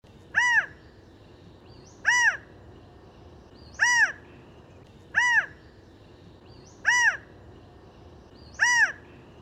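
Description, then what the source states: Bird calls, a harsh arched caw repeated six times at steady intervals of under two seconds, with a quiet background. At a bird feeder; recorded with a Birdfy by Netvue camera.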